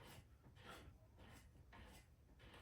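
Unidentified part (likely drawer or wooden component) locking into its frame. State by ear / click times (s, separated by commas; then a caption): not seated / none. A part is being fitted and started so that it will lock into place. Soft, breathy rustling bursts recur every half second or so, with a brief louder burst near 1.7 seconds. Nothing has seated or clicked yet.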